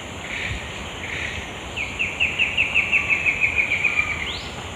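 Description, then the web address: Moustached antwren singing a rapid, even series of short clipped notes that drift slightly downward. Song recorded in the eastern lowlands of South America. "Nature Songs S America Eastern Lowlands. Myrmotherula ignota, song"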